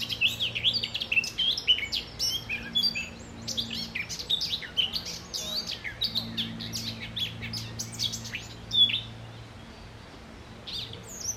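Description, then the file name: Eurasian blackcap singing: dense, scratchy high twittering with sharp whistled notes, busiest in the first half, then thinning. A low steady drone runs beneath. "Sylvia atricapilla"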